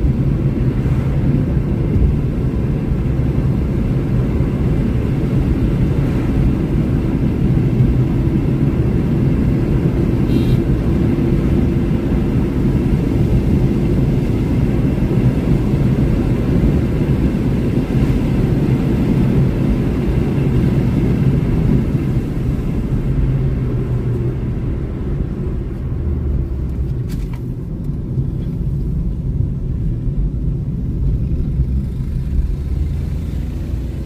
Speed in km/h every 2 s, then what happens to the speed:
112, 116, 121, 125, 128, 132, 134, 137, 139, 142, 120, 89, 60, 40, 41, 41, 47.
0-18 speeds up to 142. 18-25 brakes to 40. 25-30 steady at about 41. 30-34 speeds up to 47.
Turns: 24-30.